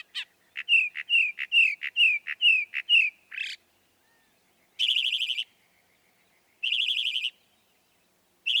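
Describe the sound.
Northern mockingbird giving a rapid series of sharp repeated notes, then long harsh rasping bursts separated by pauses.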